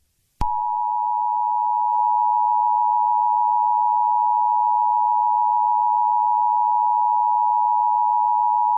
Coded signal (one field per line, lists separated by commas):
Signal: Emergency Alert System (SAME) tones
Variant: 853 and 960 Hz attention tone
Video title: EAS TEST